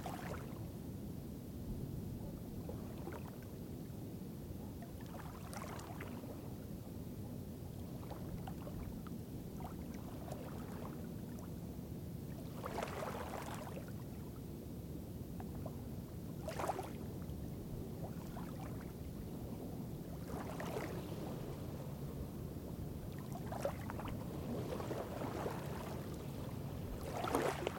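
Water at the shore of Arkansas Bend County Park's scenic overlook, with a steady low rumble underneath throughout. Brief bright splashes or laps break through every few seconds, around 5, 13, 17, 21, 24 and 27 seconds. Light wind noise hovers in the background.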